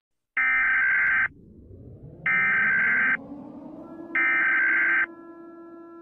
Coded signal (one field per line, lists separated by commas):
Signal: Emergency Alert System (SAME) tones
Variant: header bursts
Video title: eas scenario catemojibabyheat part 4